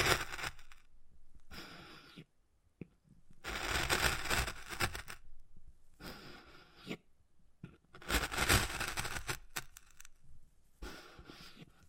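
Wood carving with bursts of scraping and scratching, each lasting a second or two, separated by short pauses and occasional sharp taps.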